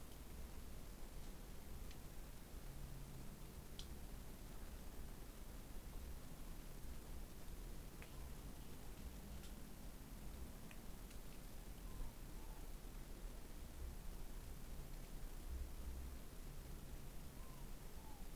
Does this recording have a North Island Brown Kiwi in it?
no